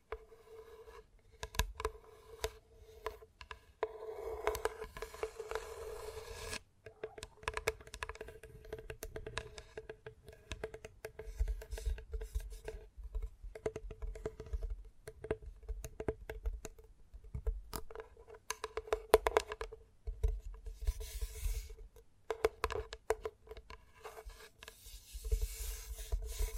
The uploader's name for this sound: ASMR Gentle Tapping